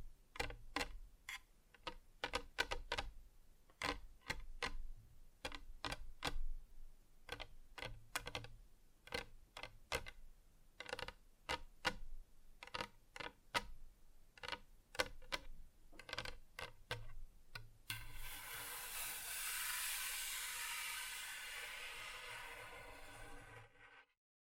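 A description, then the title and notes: Tapping on different surfaces: sharp, irregular taps come in quick bursts and sparse runs for about eighteen seconds, some sounding sharper than others. Then the taps give way to a steady, bright hiss or rubbing that lasts about six seconds before cutting off. ASMR Just Tapping (Different Surfaces No Talking).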